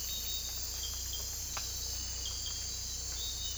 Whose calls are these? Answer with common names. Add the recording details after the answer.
none. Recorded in dense forest near Puerto Asís, Putumayo, Colombia, on 22 December 2024 at 03:30. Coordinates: 0.486, -76.317. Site G003